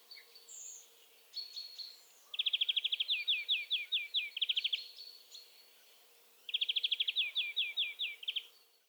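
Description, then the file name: European greenfinch giving two high trilled phrases, each a rapid dry rattle followed by slower down-slurred notes, with faint other chirps and a low steady hum. "Chloris chloris"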